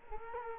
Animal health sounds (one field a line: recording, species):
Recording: mosquito wingbeat signal from an infrared sensor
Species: Culex quinquefasciatus